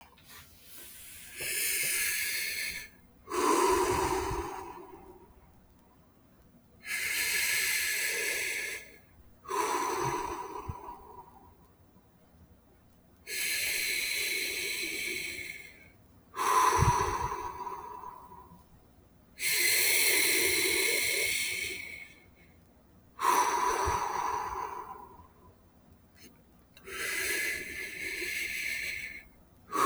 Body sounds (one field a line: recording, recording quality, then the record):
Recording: deep breathing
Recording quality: excellent, no background noise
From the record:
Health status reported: exposed to COVID-19, no respiratory illness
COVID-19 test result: negative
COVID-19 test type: rapid antigen test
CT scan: not taken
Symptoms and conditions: none ticked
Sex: male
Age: 31 years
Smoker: yes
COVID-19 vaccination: both doses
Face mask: not worn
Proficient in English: yes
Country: Canada